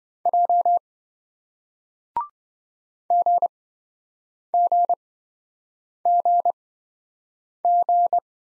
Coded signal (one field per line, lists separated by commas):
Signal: Morse code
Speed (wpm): 26 wpm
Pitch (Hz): 700 Hz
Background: none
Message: J GGGG